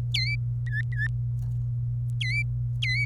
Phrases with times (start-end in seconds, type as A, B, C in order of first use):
0.14-0.35 A, 0.67-1.07 B, 2.21-2.43 A, 2.82-3.05 A